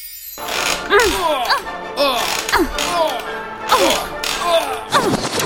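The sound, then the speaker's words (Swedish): A rocking chair creaks in a steady back-and-forth rhythm, with about six loud, squeaky groans that bend in pitch, heard on their own without any talking. “Du har just hört ljud från en knarrande gungstol.”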